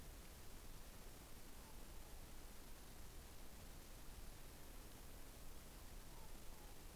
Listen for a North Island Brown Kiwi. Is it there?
no